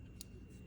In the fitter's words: hear that little click?